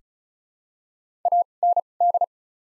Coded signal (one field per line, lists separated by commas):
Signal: Morse code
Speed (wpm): 34 wpm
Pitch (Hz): 700 Hz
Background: none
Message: A N D